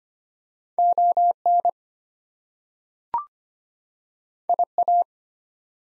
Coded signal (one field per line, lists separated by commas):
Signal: Morse code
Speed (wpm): 25 wpm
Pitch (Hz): 700 Hz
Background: none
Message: ON IA